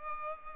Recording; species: mosquito wingbeat signal from an infrared sensor; Culex pipiens